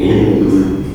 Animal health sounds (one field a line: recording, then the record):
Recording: squeal of a Yucatan mini pig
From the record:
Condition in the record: before surgery on the right vocal fold (resection and tissue-engineered implant)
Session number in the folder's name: 1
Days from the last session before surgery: -3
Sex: male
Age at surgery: 12 weeks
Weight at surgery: 13 kg